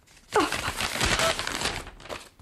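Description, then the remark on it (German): A wartime field post letter from a couple's only son crackles and rustles as it is unfolded: a sharp initial crinkle, then a couple of seconds of dense, irregular crisp rustling with no voices. “Quangel lässt seiner Frau stets das Vorrecht, diese Feldpostbriefe zu öffnen, weiß er doch, wie sehr sie an ihrem einzigen Sohn Otto hängt.”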